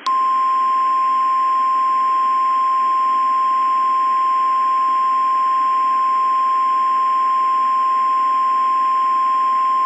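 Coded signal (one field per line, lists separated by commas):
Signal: Emergency Alert System (SAME) tones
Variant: 1050 Hz attention tone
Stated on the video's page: Simulated nuclear winter EAS scenario.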